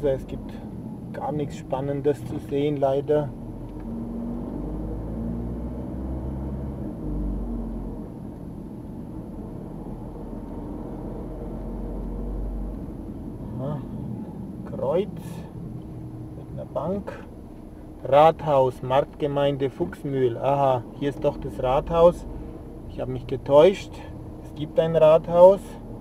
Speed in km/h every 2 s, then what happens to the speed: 21, 13, 24, 25, 26, 26, 27, 13, 10, 7, 7, 9, 10.
2-4 speeds up to 24. 4-12 steady at about 26. 12-18 slows to 7.